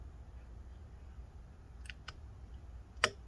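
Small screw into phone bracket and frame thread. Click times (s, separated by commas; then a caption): 3.0 s. After repositioning, a small screw is twisted into the bracket and frame thread of an iPhone 7 Plus during a battery replacement. Two faint ticks sound at about 1.9 and 2.1 seconds, then the thread drops in with a sharp click at 3.0 seconds. The screw is seated and holds itself in place.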